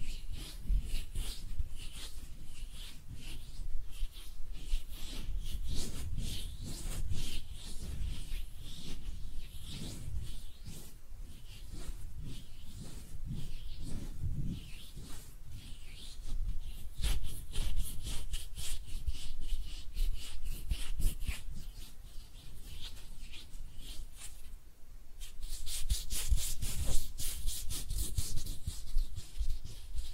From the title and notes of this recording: ASMR Relaxing Hand Sounds (No Talking).